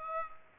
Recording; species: mosquito wingbeat signal from an infrared sensor; Aedes aegypti